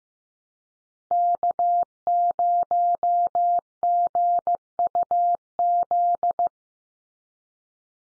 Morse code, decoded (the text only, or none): K0GUZ